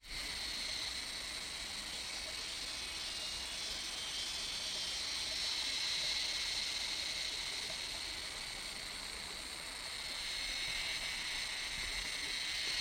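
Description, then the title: Insect chorus: a steady shrill buzzing wall of sound with several high tones layered together, swelling slightly in loudness midway and again near the end. Insects in jungle at Ninh Bình, recorded at 13:00. "Insectes jungle - Ninh Bìn - 13h"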